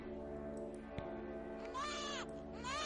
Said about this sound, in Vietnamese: Cô vứt con hình nhân này xuống đất, tức thì con hình nhân bắt đầu động đậy và kêu lên những tiếng oe oe, tiếng của một đứa trẻ con sơ sinh khóc.